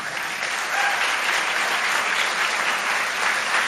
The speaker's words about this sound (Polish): Nazwę wymyślił dyrektor Wojciech Kłeczek, brawa dla niego.